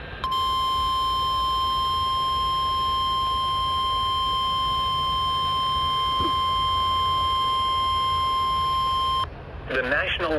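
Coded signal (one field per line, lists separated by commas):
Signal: Emergency Alert System (SAME) tones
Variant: 1050 Hz attention tone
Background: speech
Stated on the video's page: Required weekly test on NOAA weather radio transmitter WXM66, recorded at a Riverside train station.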